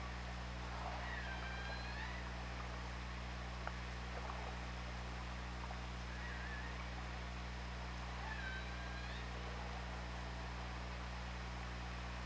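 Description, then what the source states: Killer whale calls, a repeated harmonic call with a brief upsweep then a level, slightly falling tone, heard near the start, midway and again near the end, over constant low hum. Recorded on an OrcaLab hydrophone, 24 August 2017, 08:24.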